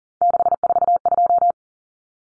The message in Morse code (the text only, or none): 642